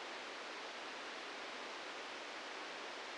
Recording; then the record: brain microelectrode recording played as sound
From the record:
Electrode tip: outside the subthalamic nucleus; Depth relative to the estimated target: 4 mm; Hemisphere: right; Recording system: NeuroSet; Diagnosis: Parkinson's disease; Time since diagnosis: 7 years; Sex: male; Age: 44 years